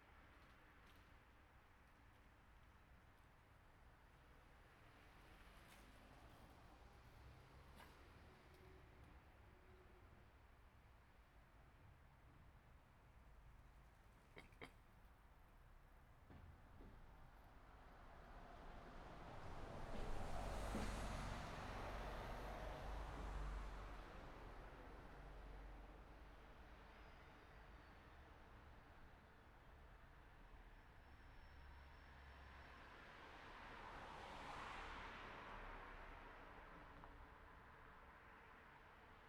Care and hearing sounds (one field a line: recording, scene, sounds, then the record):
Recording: everyday scene through a hearing-aid microphone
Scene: in traffic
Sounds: traffic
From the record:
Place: city secondary road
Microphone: behind the ear, right, rear